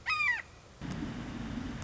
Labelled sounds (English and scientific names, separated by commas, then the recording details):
Red-shouldered Hawk (Buteo lineatus)
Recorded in Sonoma County, California